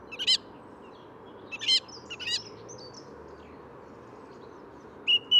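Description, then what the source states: Song Thrush song: a few separate sharp phrases early on, a long gap, then a clear whistled note pair at the end, above a low background rumble. Same bird singing about twenty metres up in what looked like an ash, above the recordist, at wood's edge near a road; Bois de Vincennes, 14 February 2019, morning, sunny; Nagra Seven, Telinga parabola.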